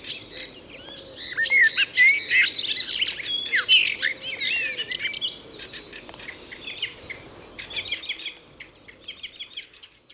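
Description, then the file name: Common blackbird song: a stream of varied warbled and whistled phrases with high twittering notes, louder early on, with soft lower whistles underneath. "Turdus merula"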